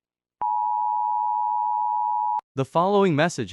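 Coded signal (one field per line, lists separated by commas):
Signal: Emergency Alert System (SAME) tones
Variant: 853 and 960 Hz attention tone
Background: speech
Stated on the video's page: Fictional EAS scenario, not a real alert.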